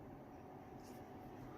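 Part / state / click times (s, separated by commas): action camera body into vertical battery base / not seated / none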